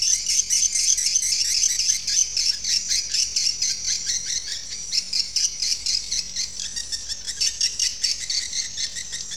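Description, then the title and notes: Swiftlet calls as rapid, high pulsed chirps repeated about four times a second, forming a continuous buzzy chatter. Used for swiftlet farming in Asia. "Swiflet Bird Sound. Farming Swiflet Bird asia sound"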